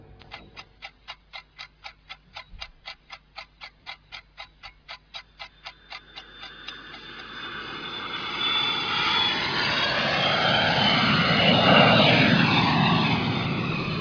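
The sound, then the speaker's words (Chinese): A clock in a photocopy shop ticks steadily about twice a second, then the rising roar of an airplane taking off swells in, a loud, broad engine rush that drowns out the ticking and holds strong. “我嘅飞机起飞啦。”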